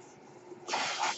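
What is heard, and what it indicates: Faint steady hiss, then a louder airy whoosh of about half a second as a ventilator delivers a breath.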